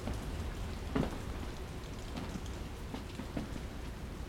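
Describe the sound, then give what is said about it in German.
Steady rain falls in Sydney in a dense, continuous hiss, with a few louder drops or spatters standing out briefly against the wash. No voices are heard. “Die Leute in Sydney scheinen Regen nicht zu mögen. Ich habe solches Wetter gern.”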